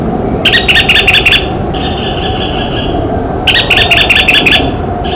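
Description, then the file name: White-eyed Foliage-gleaner calls: two bursts of rapid, harsh, chattering notes about three seconds apart, over a steady low background hiss and a faint droning tone. Recorded in Cantareira State Park, São Paulo, Brazil, on 22 August 1997. "Automolus-leucophthalmus-Cantareira SPark-SP-Brazil 22-8-97-ASilveira"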